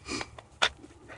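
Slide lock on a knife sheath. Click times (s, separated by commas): 0.6 s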